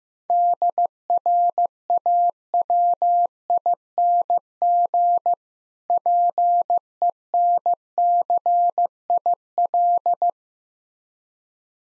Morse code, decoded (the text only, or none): DRAWING PENCIL